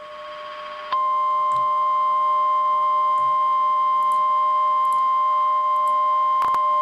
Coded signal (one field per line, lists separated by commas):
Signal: Emergency Alert System (SAME) tones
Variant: 1050 Hz attention tone